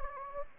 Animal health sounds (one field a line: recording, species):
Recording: mosquito wingbeat signal from an infrared sensor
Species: Anopheles gambiae